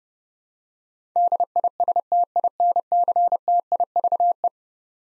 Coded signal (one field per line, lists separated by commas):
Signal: Morse code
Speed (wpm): 30 wpm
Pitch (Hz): 700 Hz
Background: none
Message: DISTINCTIVE